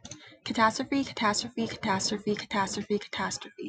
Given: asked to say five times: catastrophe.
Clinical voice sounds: repeated word; female; 20 to 29 years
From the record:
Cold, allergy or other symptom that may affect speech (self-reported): no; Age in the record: 21 years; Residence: New York, United States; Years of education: 15

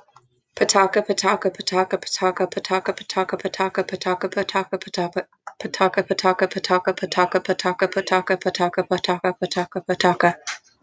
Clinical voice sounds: repeated syllables /pa ta ka/; female; 20 to 29 years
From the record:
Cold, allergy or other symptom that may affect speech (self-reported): no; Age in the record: 24 years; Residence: Montana, United States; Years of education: 12

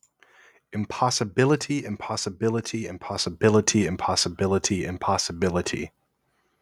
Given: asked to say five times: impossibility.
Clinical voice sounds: repeated word; male; 20 to 29 years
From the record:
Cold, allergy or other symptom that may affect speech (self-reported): no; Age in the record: 24 years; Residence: New Jersey, United States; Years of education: 16

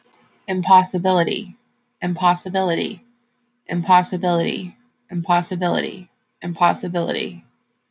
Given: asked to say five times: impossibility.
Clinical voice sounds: repeated word; female; 30 to 39 years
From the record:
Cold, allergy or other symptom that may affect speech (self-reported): no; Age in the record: 33 years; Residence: Illinois, United States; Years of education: 16

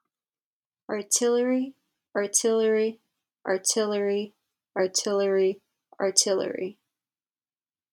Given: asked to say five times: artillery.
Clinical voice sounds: repeated word; female; 20 to 29 years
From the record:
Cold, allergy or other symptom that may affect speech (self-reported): no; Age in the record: 24 years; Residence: New Jersey, United States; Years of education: 16

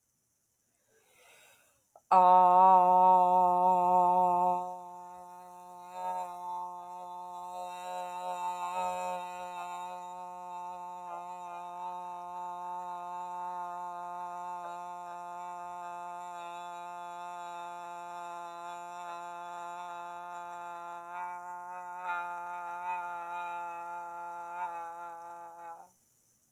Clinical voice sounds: vowel held as long as possible; female; 40 to 49 years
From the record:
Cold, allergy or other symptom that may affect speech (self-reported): no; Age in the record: 45 years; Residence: Georgia, United States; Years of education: 16

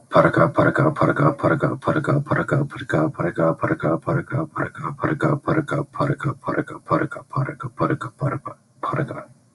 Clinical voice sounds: repeated syllables /pa ta ka/; male; 20 to 29 years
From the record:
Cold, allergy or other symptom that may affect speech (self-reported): no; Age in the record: 22 years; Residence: Ohio, United States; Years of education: 16

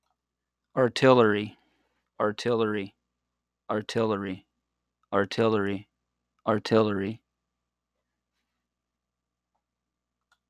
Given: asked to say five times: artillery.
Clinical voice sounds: repeated word; male; 40 to 49 years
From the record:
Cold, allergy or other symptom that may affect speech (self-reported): no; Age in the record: 48 years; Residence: Pennsylvania, United States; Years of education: 16

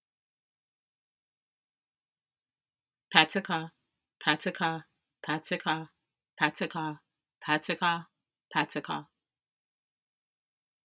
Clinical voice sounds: repeated syllables /pa ta ka/; female; 20 to 29 years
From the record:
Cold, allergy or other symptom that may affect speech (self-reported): yes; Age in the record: 29 years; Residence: District of Columbia, United States

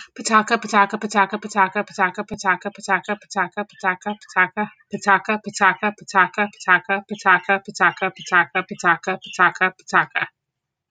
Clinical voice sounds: repeated syllables /pa ta ka/; female; 30 to 39 years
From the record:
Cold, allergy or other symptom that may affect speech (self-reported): no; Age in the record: 34 years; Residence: Pennsylvania, United States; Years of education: 14

